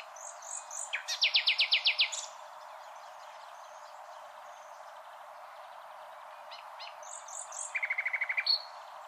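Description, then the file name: Common nightingale song: a few whistled notes lead into a rapid pulsing trill; after a quieter spell, whistles return with another short, lower trill. "Luscinia megarhynchos"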